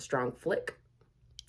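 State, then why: Seated. Someone talks as a strong flick is given to a Microtech Ultratech out-the-front automatic knife whose safety feature has disengaged the steel blade. A sharp click at 1.4 s marks the blade re-engaging its firing mechanism, putting it back in traction.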